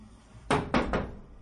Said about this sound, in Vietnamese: Ngay lúc này phía cửa dịch trạm đột nhiên có tiếng gõ.